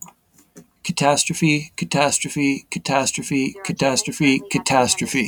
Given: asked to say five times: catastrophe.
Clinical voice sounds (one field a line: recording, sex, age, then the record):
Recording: repeated word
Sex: male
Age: 30 to 39 years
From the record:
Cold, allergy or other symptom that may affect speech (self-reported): no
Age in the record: 37 years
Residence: New York, United States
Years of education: 12